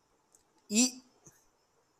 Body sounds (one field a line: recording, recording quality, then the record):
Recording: sustained vowel as in beet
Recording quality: excellent, no background noise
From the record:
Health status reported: respiratory illness, not identified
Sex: male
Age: 21 years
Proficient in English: yes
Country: India